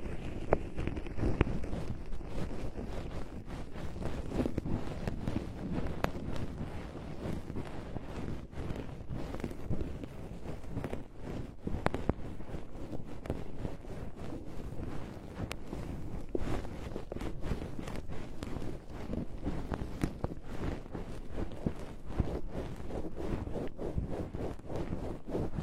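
Fluffy ear cleaning makes a steady, dense, soft rustling and scratching, mostly low and muffled, with quick tiny crackles throughout.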